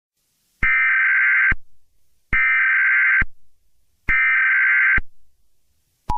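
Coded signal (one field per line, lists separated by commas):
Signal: Emergency Alert System (SAME) tones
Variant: header bursts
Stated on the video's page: Fictional EAS scenario about a virus outbreak.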